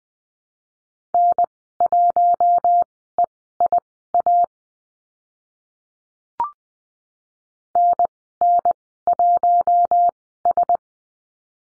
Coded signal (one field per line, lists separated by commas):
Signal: Morse code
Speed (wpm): 20 wpm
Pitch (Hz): 700 Hz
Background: none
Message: N1EIA NN1S